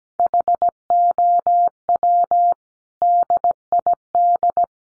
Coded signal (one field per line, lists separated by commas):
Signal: Morse code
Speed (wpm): 17 wpm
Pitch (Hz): 700 Hz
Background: none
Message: HOW DID